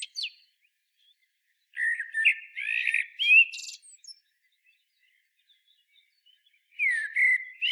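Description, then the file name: Common blackbird song: short warbled phrases with some squeaky high notes, separated by a long silence. "Turdus merula"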